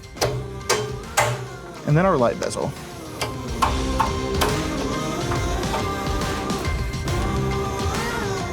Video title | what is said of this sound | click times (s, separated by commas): Project Jeep Wrangler Rubicon Build: Ep. 7 (Part 2), Rear Bumper & Spare Tire Carrier | and these are just going to click into place | 0.2 s, 0.7 s